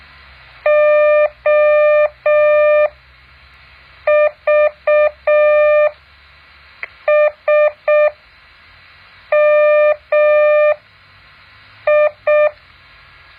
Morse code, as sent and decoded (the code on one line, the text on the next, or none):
--- ...- ... -- ..
OVSMI